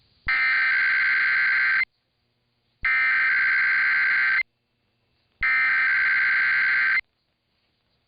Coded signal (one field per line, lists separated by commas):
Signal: Emergency Alert System (SAME) tones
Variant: header bursts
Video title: [EAS #2405-#2410] The IPAWS Weekly has returned